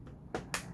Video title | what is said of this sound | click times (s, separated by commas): Bissell ProHeat 2X Revolution Pet Pro Carpet Cleaner Unboxing & Assembly Tutorial | until it clicks into place. So that's how you install the tools. | 0.4 s, 0.5 s